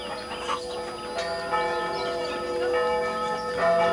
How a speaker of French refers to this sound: Alors que la fillette et son grand-père commencent la remontée vers le chalet, toutes les cloches du village se mettent soudain à carillonner pour fêter l'événement.